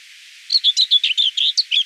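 Common whitethroat song: a single brief, scratchy, chattering phrase of quick notes lasting about one and a half seconds, with a quiet background.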